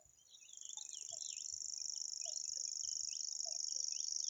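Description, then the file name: Common grasshopper warbler reeling song: a high, dry, insect-like trill that starts after half a second and runs on without a break, with scattered chirps from other birds beneath. "reti tucsokmadar hangja"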